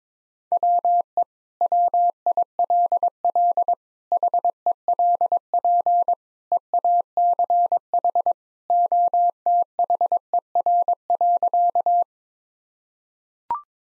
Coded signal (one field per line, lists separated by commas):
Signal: Morse code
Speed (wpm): 22 wpm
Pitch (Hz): 700 Hz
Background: none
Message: WE WILL HELP EACH OTHER.